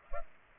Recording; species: mosquito wingbeat signal from an infrared sensor; Culex pipiens